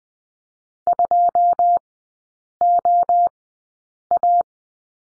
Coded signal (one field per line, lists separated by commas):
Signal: Morse code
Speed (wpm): 20 wpm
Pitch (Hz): 700 Hz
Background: none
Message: 2OA